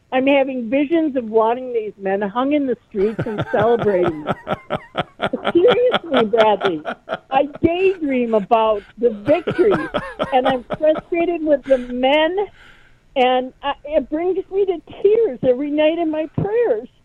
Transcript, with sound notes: I'm having visions of wanting these men hung in the streets and celebrating.
(laughs)
Seriously, Bradley. I daydream about the victory and I'm frustrated with the men and I, it brings me to tears every night in my prayers.